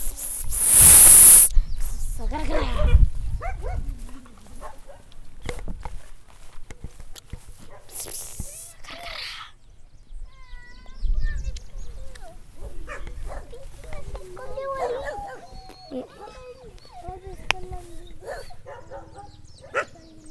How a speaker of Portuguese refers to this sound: Vou lá gravar os cachorros.